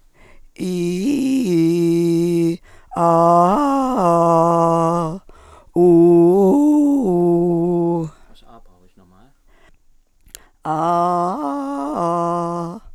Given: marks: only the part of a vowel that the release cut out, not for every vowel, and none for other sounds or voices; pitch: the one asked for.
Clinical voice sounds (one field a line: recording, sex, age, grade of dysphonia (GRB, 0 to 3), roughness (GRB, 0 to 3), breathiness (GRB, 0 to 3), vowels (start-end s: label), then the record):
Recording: sustained vowels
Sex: female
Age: 50 to 59 years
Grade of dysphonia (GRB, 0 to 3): 2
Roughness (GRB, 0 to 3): 1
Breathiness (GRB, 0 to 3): 2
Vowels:
0.70-1.45 s: vowel /i/, low-high-low pitch
5.89-7.76 s: vowel /u/, low-high-low pitch
10.74-12.56 s: vowel /a/, low-high-low pitch
From the record:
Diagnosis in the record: functional dysphonia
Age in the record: 58 years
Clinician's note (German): Leichte funktionelle Dysphonie